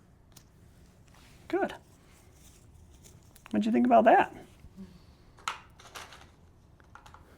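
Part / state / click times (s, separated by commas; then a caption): muzzle strap buckle closing behind the dog's head / seated / 5.5 s. Someone talks, then the plastic side-release buckle of a dog's muzzle strap is clicked shut behind the dog's head with one sharp click at 5.5 s, followed by fainter handling sounds. The buckle is fastened only once and the muzzle is taken off right away, because the click can startle dogs.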